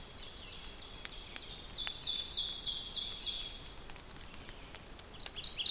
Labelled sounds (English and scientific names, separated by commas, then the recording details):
Ovenbird (Seiurus aurocapilla) song
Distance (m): 30 m
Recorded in boreal forest in Alberta, Canada, on 5 June 2016 at 08:54
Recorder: SongMeter 3, array SBT-3-51
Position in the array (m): 213 m, 20 m
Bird 27